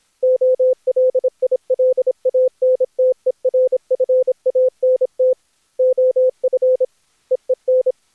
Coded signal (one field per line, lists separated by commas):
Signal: Morse code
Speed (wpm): 26 wpm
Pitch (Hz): 510 Hz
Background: none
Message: OLILANTERFANT OF EEN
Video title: Daily Minutes, February 4th, 2016, without the Contestia